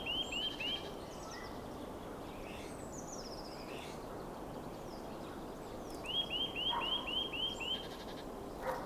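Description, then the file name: Eurasian nuthatch giving quick runs of clear, upslurred whistled notes, about four per second, one short run at the start and a longer one near the end, over steady background hiss. "Sitta europaea"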